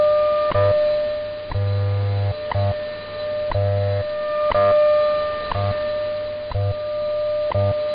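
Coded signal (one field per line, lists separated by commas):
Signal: radio time signal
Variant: WWV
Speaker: providing time of day, standard time interval, and other related information.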